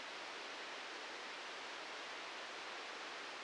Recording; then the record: brain microelectrode recording played as sound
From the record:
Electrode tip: outside the subthalamic nucleus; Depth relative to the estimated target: 2 mm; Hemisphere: right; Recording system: NeuroSet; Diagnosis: Parkinson's disease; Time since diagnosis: 13 years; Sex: male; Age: 63 years